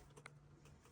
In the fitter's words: Um so to get in, just click this open.